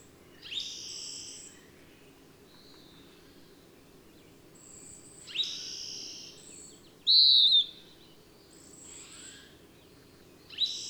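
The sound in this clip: Bird song: varied chirps and warbles repeated every few seconds, with one bright, pure whistle sliding down midway through, over a faint high hum.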